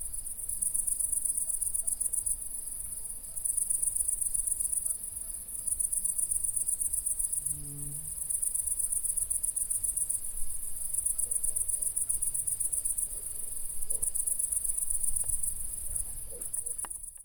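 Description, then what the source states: Crickets chirping in a steady high-pitched trill, broken into pulsed bursts separated by short pauses, over a low background rumble with a brief low hum midway. Crickets chirping at night.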